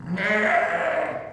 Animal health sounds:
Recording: contact call of a hoofed animal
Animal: sheep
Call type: low-frequency (closed-mouth) or high-frequency (open-mouth) call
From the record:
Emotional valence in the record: negative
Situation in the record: short social isolation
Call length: 1.33 s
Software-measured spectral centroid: 1660 Hz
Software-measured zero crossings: 2020 a second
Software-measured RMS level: -24 dBFS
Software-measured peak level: -9 dBFS

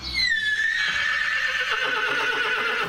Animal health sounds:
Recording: contact call of a hoofed animal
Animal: horse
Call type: whinny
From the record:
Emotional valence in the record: negative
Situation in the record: separation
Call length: 3.0 s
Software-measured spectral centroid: 2770 Hz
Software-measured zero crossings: 4120 a second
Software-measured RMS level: -24 dBFS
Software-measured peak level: -10 dBFS

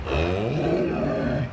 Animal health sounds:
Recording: contact call of a hoofed animal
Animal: cattle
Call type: low-frequency (closed-mouth) or high-frequency (open-mouth) call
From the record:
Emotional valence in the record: negative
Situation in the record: full separation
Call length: 1.52 s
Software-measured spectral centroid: 1440 Hz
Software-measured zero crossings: 1160 a second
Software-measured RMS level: -24 dBFS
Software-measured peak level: -10 dBFS

